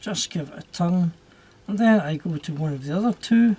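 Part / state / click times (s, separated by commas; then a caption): small screw into model locomotive chassis thread / not seated / none. Someone talks while reassembling a Trix DB class 112 model electric locomotive, turning one of four small screws into the chassis thread and working diagonally across them. The screw is handled but not yet home; nothing has seated or clicked yet.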